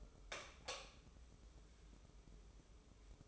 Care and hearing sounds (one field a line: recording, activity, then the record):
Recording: daily activity, microphone in the room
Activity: light on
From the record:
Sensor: 1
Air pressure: 995.4 hPa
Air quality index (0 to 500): 25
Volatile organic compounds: 1 ppm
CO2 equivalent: 509 ppm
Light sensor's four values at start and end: 11/26/10/11 and 14/42/16/17